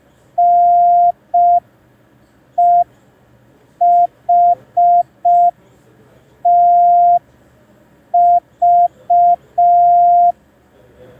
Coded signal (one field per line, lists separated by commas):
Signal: Morse code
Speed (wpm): 5 wpm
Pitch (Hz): 700 Hz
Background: none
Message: NEHTV